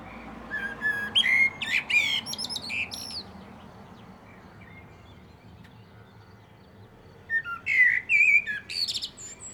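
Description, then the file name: Common blackbird song, a rich fluty warble tailing into thin high squeaks, repeated after a quiet gap of several seconds. "Turdus merula"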